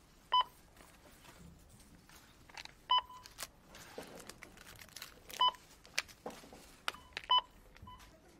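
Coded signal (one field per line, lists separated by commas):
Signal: none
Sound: cash register beeps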